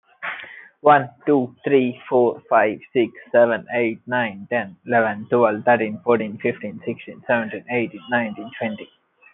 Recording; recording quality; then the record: counting at a normal pace; excellent, no background noise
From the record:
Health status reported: healthy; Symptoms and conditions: none ticked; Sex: male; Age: 24 years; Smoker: not ticked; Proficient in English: yes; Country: India